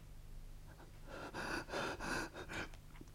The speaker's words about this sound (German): Atmen. Atmen.